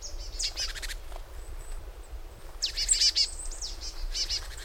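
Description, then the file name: Marsh tit calling in two bouts: crisp descending high notes running into a quick buzzy chatter of harsh repeated notes, with a quiet pause between the bouts. "Poecile palustris"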